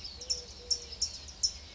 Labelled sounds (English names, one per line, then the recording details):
Eurasian Collared Dove
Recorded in Sonoma County, California